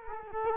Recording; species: mosquito wingbeat signal from an infrared sensor; Culex quinquefasciatus